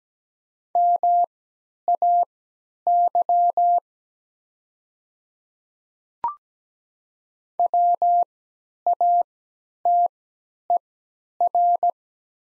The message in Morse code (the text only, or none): MAY WATER